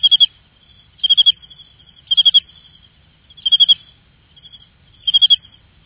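Cricket chirping, clear high pure pulses in bursts of three or four, each chirp repeated roughly once a second in a quiet background.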